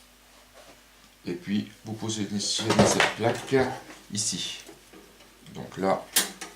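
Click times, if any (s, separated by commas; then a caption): none. A computer part, likely the card with connectors at its back, is handled near its position in the computer while someone talks, with soft handling noises and a brief sharp knock near the end. The part has not seated or clicked into place yet.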